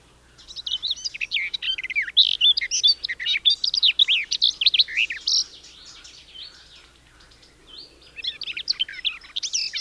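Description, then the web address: Garden warbler singing a prolonged, even babble of mellow, gurgling notes that fades for a moment, then resumes with brighter phrases. "Madardalok Kerti poszáta"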